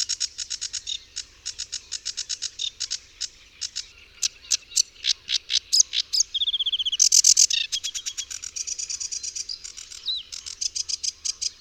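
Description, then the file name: Sedge warbler song: a long, hurried chatter of dry, rapidly repeated clicks and buzzy notes, broken by a drawn-out slur and a harsh rattled burst midway. "Rokitniczka"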